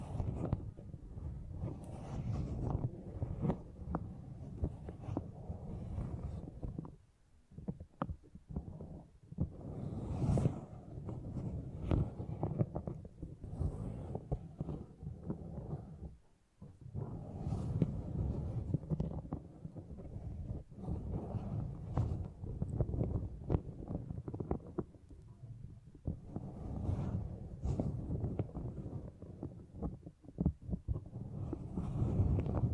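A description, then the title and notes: Muffled handling of soft beeswax fills the clip with dense, low kneading and squishing sounds, broken by brief crackly taps and sticky pulls. The sound drops almost to silence around 7 and 16 seconds before the steady pressing resumes. Brain Tingly Sounds Using Beeswax (No Talking).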